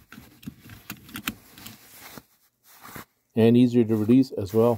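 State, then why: Seated. A seat belt's metal tongue is pushed into the buckle of a seat belt extender, which sits higher and is easier to reach, and it clicks sharply into place at 1.3 s amid soft handling rustles. After a short pause, someone talks.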